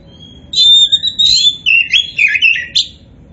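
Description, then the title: Oriental magpie-robin song: a single fast, loud phrase of sweet whistles and buzzy, descending slurs packed closely together. Poci-type Oriental magpie-robin singing continuously and vigorously (gacor). "Kacer Poci Gacor"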